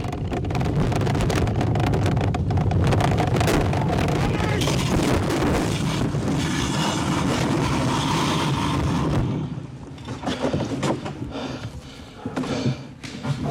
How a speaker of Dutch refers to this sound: Aan het einde van de eerste afdaling, de bob schiet door op de uitloop van de baan.